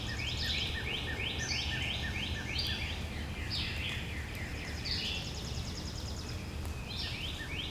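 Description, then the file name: Bird song: a fast sequence of buzzy, upslurred notes at the start, then sparser high phrases, over a low rumble. "Relaxing Sounds Lab - Birds Singing"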